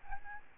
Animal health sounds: mosquito wingbeat signal from an infrared sensor; Aedes albopictus

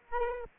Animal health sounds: mosquito wingbeat signal from an infrared sensor; Aedes aegypti

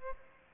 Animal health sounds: mosquito wingbeat signal from an infrared sensor; Aedes aegypti

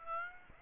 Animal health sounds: mosquito wingbeat signal from an infrared sensor; Aedes aegypti

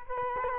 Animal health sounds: mosquito wingbeat signal from an infrared sensor; Culex quinquefasciatus

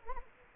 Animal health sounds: mosquito wingbeat signal from an infrared sensor; Culex quinquefasciatus

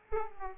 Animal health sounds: mosquito wingbeat signal from an infrared sensor; Aedes aegypti

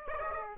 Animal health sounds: mosquito wingbeat signal from an infrared sensor; Aedes aegypti

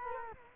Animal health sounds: mosquito wingbeat signal from an infrared sensor; Culex quinquefasciatus

